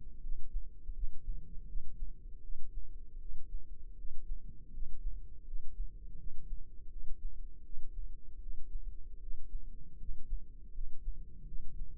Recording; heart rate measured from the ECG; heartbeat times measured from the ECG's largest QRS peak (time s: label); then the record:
heart sounds by microphone in the left ear; 80 bpm
0.20 s: heartbeat
0.93 s: heartbeat
1.65 s: heartbeat
2.40 s: heartbeat
3.18 s: heartbeat
3.95 s: heartbeat
4.71 s: heartbeat
5.44 s: heartbeat
6.16 s: heartbeat
6.88 s: heartbeat
7.62 s: heartbeat
8.39 s: heartbeat
9.19 s: heartbeat
9.97 s: heartbeat
10.71 s: heartbeat
11.44 s: heartbeat
From the record:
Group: healthy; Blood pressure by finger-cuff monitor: 113/67 mmHg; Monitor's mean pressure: 82 mmHg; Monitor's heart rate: 81 bpm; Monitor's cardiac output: 7.9 L/min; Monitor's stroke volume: 98 mL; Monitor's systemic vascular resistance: 750 dyn s/cm5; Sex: male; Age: 33 years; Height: 179 cm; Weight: 80.4 kg